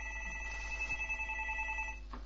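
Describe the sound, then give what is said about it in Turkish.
A telephone rings with a steady, high electronic tone made of several stacked pitches, holding for about two seconds over a low constant hum before cutting off. “Telefonu kaldırır mısınız öbür taraftan?”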